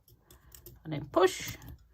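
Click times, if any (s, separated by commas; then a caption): none. The metal spring hanger cap of a plastic Christmas bauble, whose wire loop was pulled back through until it clicked, is being pushed back into the bauble's neck. Faint handling ticks occur around 0.1, 0.3, 0.6 and 0.7 seconds before someone talks. Nothing has seated or clicked at the push yet.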